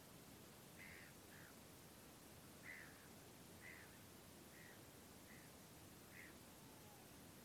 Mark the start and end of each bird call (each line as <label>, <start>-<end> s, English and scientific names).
Black-headed Gull (Chroicocephalus ridibundus), 0.78-1.53 s
Black-headed Gull (Chroicocephalus ridibundus), 2.62-2.90 s
Black-headed Gull (Chroicocephalus ridibundus), 3.62-3.87 s
Black-headed Gull (Chroicocephalus ridibundus), 4.52-4.77 s
Black-headed Gull (Chroicocephalus ridibundus), 5.26-5.52 s
Black-headed Gull (Chroicocephalus ridibundus), 6.10-6.32 s